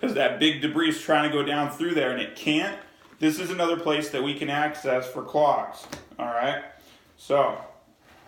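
Someone talks while handling the plastic clog-access cover on the U-shaped air channel of a Miele Cat Dog U1 upright vacuum, getting it ready to push back on. The clip is mostly speech with brief pauses, and the cover has not clicked or seated yet.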